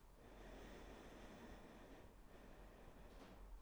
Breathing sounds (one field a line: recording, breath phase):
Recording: one breath near a microphone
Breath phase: inhalation